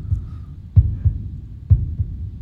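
Normal heart sounds: a regular heartbeat with paired lub-dub beats, the sound a healthy heartbeat should make.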